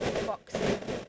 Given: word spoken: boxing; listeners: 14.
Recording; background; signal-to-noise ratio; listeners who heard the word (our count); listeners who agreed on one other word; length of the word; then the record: one English word in noise, from a listening test; noise modulated by three-talker babble; -7.1 dB; 0 of 14; 6 of 14; 0.68 s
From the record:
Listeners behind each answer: 6, 3, 2, 2, 1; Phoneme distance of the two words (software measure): 24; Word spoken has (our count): 2 syllables, 6 phonemes, stress on syllable 1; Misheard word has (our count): 1 syllable, 4 phonemes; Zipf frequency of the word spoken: 4.29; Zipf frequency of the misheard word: 4.46